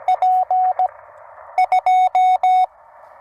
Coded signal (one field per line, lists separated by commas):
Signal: Morse code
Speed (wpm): 16 wpm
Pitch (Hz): 720 Hz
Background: radio noise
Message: P 2